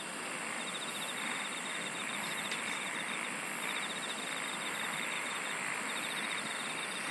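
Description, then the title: Chorus of insects giving repeated pulsed trills, with short, very high buzzy phrases recurring every second or two over a steady hiss. "SINGING OF INSECTS"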